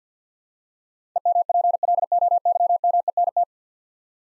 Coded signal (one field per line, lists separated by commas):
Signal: Morse code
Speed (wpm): 51 wpm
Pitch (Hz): 700 Hz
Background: none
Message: EMPLOYMENT